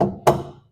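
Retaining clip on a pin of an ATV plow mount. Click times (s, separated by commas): 0.0 s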